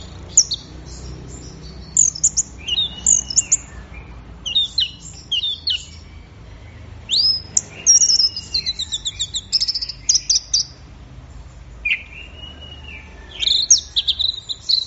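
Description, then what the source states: Orange-headed thrush in continuous varied song, strings of high whistles, trills and chirps coming in quick bursts with short gaps, faint hum underneath. Gacor (bird in full song) recording, used for training songbirds; offline collection of thrush sounds.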